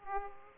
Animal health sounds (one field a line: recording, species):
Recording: mosquito wingbeat signal from an infrared sensor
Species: Aedes aegypti